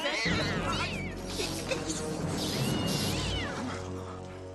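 A cat meows a few times, rising and falling cries over a constant, loud wash of clattering and crashing noise that barely lets up.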